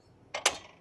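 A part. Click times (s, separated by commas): 0.4 s, 0.5 s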